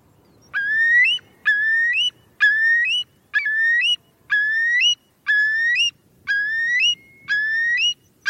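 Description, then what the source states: Eurasian Curlew calls: a clear whistled note rising at the end with an upward flick, repeated about once a second in a steady series, over faint low background noise. North Pennines heather moorland, Britain; its call loudly declares its English name.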